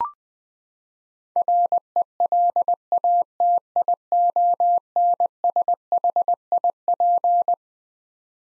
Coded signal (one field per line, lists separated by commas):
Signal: Morse code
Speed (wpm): 20 wpm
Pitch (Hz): 700 Hz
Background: none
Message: RELATIONSHIP